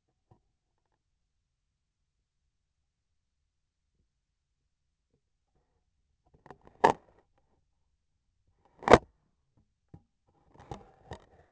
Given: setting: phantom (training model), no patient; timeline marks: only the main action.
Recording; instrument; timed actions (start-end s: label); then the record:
laparoscopic instrument, vibration sensor on the handle end; scissors
8.40-9.43 s: cutting thread
From the record:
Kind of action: gesture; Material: cotton thread